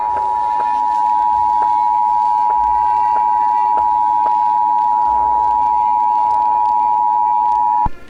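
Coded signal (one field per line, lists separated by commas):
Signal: Emergency Alert System (SAME) tones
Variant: 853 and 960 Hz attention tone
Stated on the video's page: Fictional EAS scenario made with Capcut.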